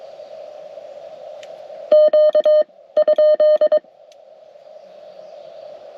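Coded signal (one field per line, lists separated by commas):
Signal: Morse code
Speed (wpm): 22 wpm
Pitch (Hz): 610 Hz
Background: radio noise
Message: Q ?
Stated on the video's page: CW activation made during a trip in Michigan, with some contacts completed.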